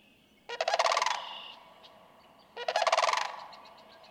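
Sandhill crane giving two loud, rolling, rattling calls about two seconds apart, each under a second long, with faint high notes between.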